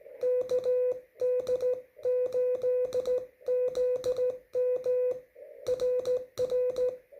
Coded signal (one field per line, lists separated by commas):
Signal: Morse code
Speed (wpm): 15 wpm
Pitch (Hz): 500 Hz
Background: none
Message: KD8ZM RR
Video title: CW (MORSE CODE) SLOW SPEED QSO QRP 2021.10.26 17:51Z USA